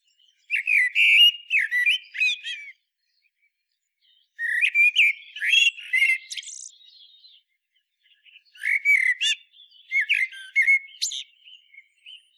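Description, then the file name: Common blackbird song in three separate phrases, each a mellow fluted warble closing with a squeaky twittering flourish, with pauses of one to two seconds between. "Turdus merula"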